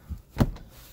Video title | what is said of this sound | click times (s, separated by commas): As promised, Subwoofer in my semitruck ! Very special Bonus Footage . Very Clean Project Car | And the bed comes back down and locks into place. | 0.4 s